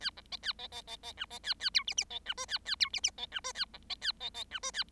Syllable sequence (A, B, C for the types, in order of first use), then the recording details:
A B C A C C C C D C A A E F F C D G A A E F F C D G A B C A C C D G A. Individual Bird7